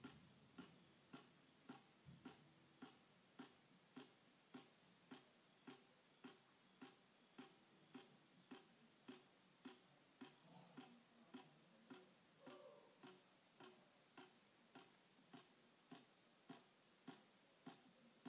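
Water drips onto plastic in a steady, clock-like rhythm, sharp bright taps about every half second over a faint low rumble.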